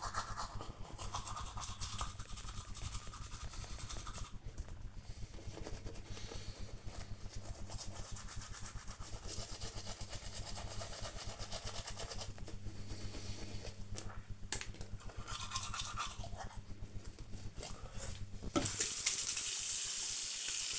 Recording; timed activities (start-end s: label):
household activities, microphone on the right wrist
0.00-20.79 s: brushing teeth